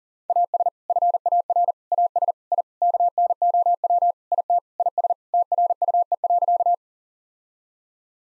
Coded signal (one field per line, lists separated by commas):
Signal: Morse code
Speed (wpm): 40 wpm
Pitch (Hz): 700 Hz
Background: none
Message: AS FAR AS I KNOW IT IS TRUE.